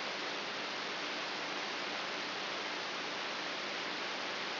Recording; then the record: brain microelectrode recording played as sound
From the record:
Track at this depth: inside the subthalamic nucleus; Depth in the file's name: 3.44 mm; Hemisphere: right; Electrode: 3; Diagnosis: Parkinson's disease